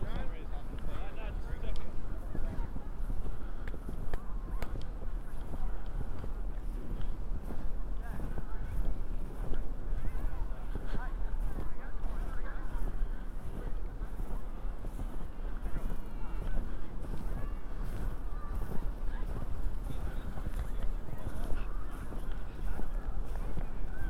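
People talking and families at play in Central Park after a snow storm, a dense, steady murmur of many voices with no pauses. A constant low rumble sits underneath, and brief higher calls and honk-like sounds break through now and then.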